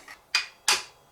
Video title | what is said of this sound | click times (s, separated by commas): F210SMS Unboxing and Assembly - Evolution Power Tools | can feel it and hear it lock it so that's a lot now and then | 0.4 s, 0.7 s